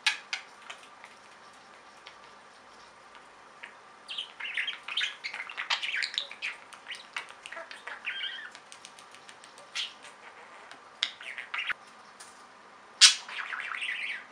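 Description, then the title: Budgerigar chattering, with scattered sharp clicks, a run of scratchy warbling phrases and a loud squawk near the end. "Budgie Sounds"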